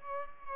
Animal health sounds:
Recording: mosquito wingbeat signal from an infrared sensor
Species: Culex pipiens

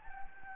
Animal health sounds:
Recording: mosquito wingbeat signal from an infrared sensor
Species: Anopheles gambiae

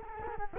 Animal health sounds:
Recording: mosquito wingbeat signal from an infrared sensor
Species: Culex quinquefasciatus

